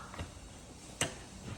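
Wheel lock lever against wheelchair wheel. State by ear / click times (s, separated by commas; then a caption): seated / 1.0 s. A wheelchair's side wheel lock lever is pulled toward the wheel to lock it. It gives a single sharp click at 1.0 s, and the wheel is locked. A softer tap comes at about 0.2 s, with quiet room tone throughout.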